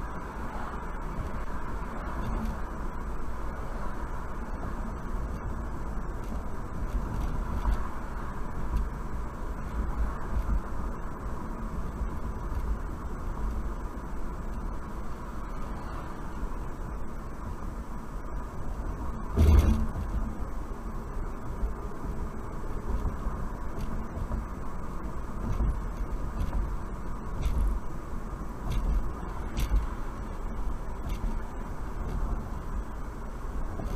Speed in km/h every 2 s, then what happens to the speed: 64, 64, 66, 66, 66, 64, 64, 63, 61, 60, 58, 64, 66, 63, 60, 58, 56.
0-13 steady at about 64. 13-21 slows to 58. 25-27 slows to 60. 27-34 steady at about 58.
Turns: none.